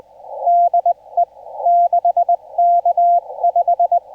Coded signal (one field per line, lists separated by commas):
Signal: Morse code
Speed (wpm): 16 wpm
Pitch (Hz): 700 Hz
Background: none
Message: DE 6K5